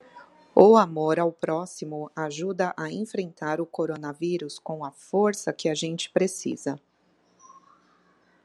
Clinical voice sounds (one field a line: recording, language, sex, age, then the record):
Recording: spoken sentence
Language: Brazilian Portuguese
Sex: female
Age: 40 to 49 years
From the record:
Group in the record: control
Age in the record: 43 years